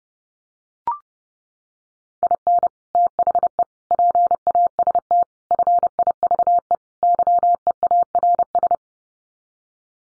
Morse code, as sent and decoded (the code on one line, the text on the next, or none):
.. -. / - .... . / .--. .- ... - / ..-. .. ...- . / -.-- . .- .-. ...
IN THE PAST FIVE YEARS